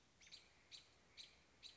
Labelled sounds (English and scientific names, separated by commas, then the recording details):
American Robin (Turdus migratorius)
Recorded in Sonoma County, California